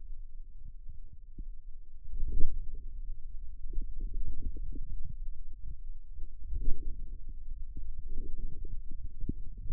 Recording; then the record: forearm muscle sounds (acoustic myography)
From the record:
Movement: outward rotation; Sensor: system 2, bracelet of six BSWA MPA416 microphones around the upper forearm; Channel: 5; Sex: male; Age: 22 years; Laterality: right